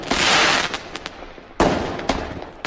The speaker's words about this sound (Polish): To znaczy dla zwierzęcia te wszystkie wybuchy fajerwerków. To nawet dla nas, jeżeli wybuch zdarza się nieoczekiwanie, to jest to przerażające.